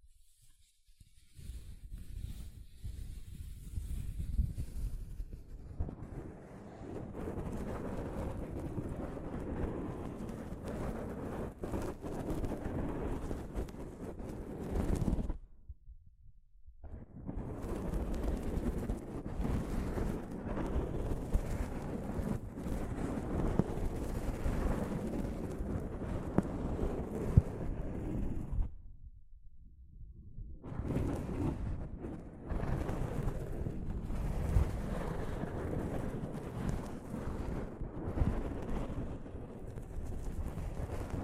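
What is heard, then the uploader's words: Soft fabric brushes over a microphone in long, dense rubbing strokes that rumble low and hiss faintly higher up. The rustling runs almost continuously, broken by near-silent gaps around 15 and 29 seconds, with a quieter, sparser start in the first five seconds. ASMR Mic Brushing using Soft Fabric (No Talking).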